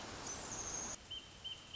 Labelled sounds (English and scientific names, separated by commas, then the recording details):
Wrentit (Chamaea fasciata)
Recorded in Sonoma County, California